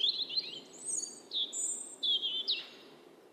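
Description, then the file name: European robin singing a run of high, thin notes, some sliding downward, others flat and whistled, delivered in quick short phrases over faint low hiss. "Erithacus rubecula"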